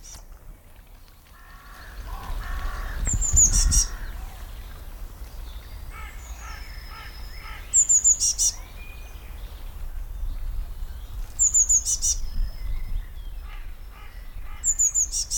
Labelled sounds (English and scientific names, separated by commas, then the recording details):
Eurasian Blue Tit (Cyanistes caeruleus)
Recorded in the wild
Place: Rheinsberg, Brandenburg, DE
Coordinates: 53.1, 12.9
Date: 1995-04-14 19:23
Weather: heiter, 10°C
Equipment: Marantz CP 430, Sennheiser ME 80, Kopie Uher 4000 Report Monitor
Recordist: Tembrock, Günter